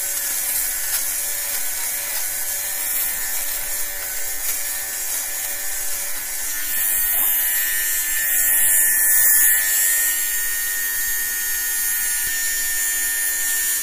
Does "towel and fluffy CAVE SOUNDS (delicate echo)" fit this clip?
no